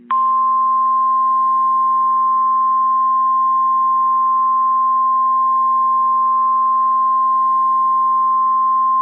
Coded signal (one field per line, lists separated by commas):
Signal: Emergency Alert System (SAME) tones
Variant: 1050 Hz attention tone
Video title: Tornado Warning and Tornado Watch Update This was a Double Header EAS